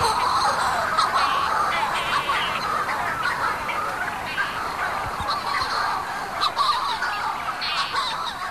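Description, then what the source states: Shearwaters calling: a dense, continuous chorus of harsh, wavering cries overlapping one another without pause. Night colony on the Skelligs, halfway down the monks' steps by a bank of burrows among sea campion; parents call from burrows, others flying overhead, finding each other.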